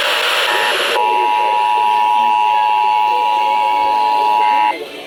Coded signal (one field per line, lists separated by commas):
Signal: Emergency Alert System (SAME) tones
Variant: 853 and 960 Hz attention tone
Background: speech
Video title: MN RMT EAS 1711-1716 (READ DISC)